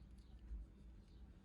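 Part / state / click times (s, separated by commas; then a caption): window module harness plug into its mating socket / not seated / none. Someone pushes the plastic harness plug of an aftermarket remote window up-and-down module into its one-way mating socket on a 2022 Lexus GX460. Only a low rumble with a slight swell around 0.5 to 0.6 seconds is heard, with no snap. The plug has not clicked or seated yet.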